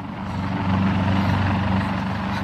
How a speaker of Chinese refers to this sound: 我哋有救啦！你睇呢只唔系麻英，系直升机啊！